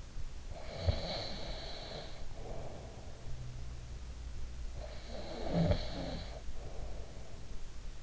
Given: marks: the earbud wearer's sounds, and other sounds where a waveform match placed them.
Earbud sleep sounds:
sounds in sleep by an in-ear microphone; breath, snoring breath
0.35-3.33 s: breath
4.51-8.02 s: snoring breath

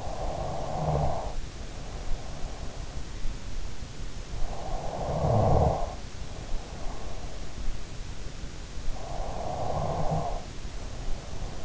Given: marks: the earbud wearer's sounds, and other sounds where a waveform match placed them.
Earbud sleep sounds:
sounds in sleep by an in-ear microphone; snoring breath
0.00-3.11 s: snoring breath
1.86-2.63 s: sound from someone else or the room
4.17-7.38 s: snoring breath
5.58-7.87 s: sound from someone else or the room
8.64-11.65 s: snoring breath
9.36-11.65 s: sound from someone else or the room

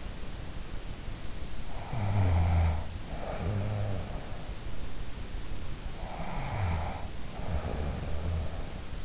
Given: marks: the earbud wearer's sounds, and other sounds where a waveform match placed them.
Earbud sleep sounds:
sounds in sleep by an in-ear microphone; snoring breath
1.85-4.36 s: snoring breath
6.06-9.05 s: snoring breath

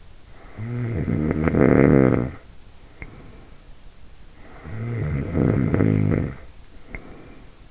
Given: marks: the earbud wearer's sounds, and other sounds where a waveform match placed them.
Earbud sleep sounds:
sounds in sleep by an in-ear microphone; snoring breath
0.34-3.59 s: snoring breath
4.17-7.71 s: snoring breath

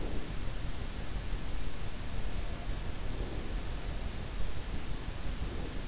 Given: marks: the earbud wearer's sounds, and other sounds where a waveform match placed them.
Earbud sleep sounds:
sounds in sleep by an in-ear microphone; breath
0.00-0.41 s: breath
2.96-3.51 s: breath
5.32-5.81 s: breath

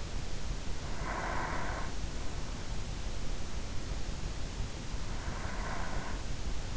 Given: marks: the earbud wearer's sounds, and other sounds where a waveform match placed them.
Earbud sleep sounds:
sounds in sleep by an in-ear microphone; breath
0.41-2.37 s: breath
5.14-6.77 s: breath

